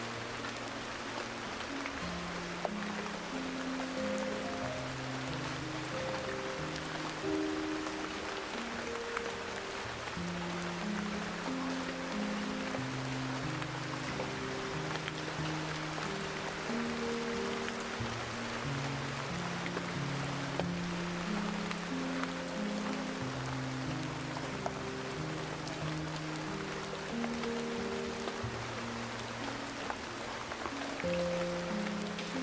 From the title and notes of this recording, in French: PLUIE Apaisante et MUSIQUE Relaxante. Avec le son thérapeutique de la pluie et la musique relaxante.